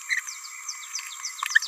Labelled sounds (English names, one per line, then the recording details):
Green-rumped Parrotlet babbling
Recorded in a nest box in Venezuela
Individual 18B17A4